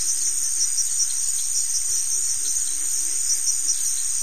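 Crickets in a constant shrill chorus, with faint low rustling beneath.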